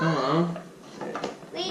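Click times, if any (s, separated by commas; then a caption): none. Someone talks while a plastic toy house part is forced into a plastic mansion frame. A few short knocks and scrapes come at about 1.0, 1.2 and 1.2 seconds. The part has not seated or clicked into place yet.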